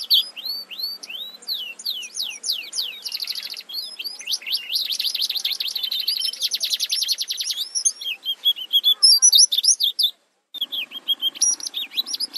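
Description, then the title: White-eye song: rapid, high twittering of slurred chirps and trills, dense and continuous, with a brief cut of silence near the end. "Pleci"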